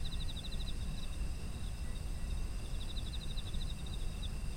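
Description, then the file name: Insects trilling: rapid high pulsed chirps in two bursts, first and second half, over a constant shrill insect drone and a strong low rumble. Autumn insect ambience. "秋の虫の環境音"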